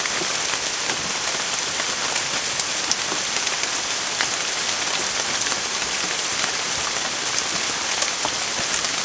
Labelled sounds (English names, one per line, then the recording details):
none
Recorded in secondary vegetation near Puerto Asís, Putumayo, Colombia, on 27 June 2025
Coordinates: 0.488, -76.319
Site G094